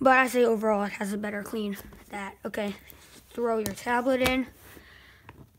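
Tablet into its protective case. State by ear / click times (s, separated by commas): seated / 5.3 s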